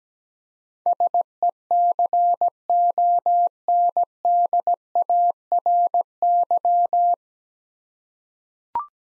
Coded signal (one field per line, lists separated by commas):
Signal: Morse code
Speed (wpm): 17 wpm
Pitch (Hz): 700 Hz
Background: none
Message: SECONDARY